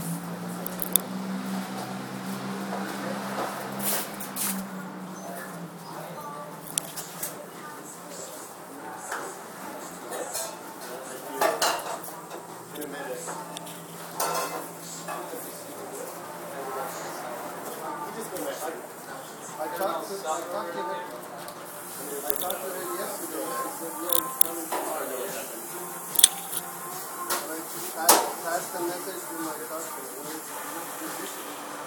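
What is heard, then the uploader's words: Morning coffee shop ambience at Sightglass Coffee: a steady murmur of overlapping voices with sharp clinks of dishes and cutlery scattered throughout, louder around 12, 24 and 26 seconds. A low hum runs through the first five seconds and returns faintly near 14 seconds. Coffee at Sightglass Coffee on Friday morning.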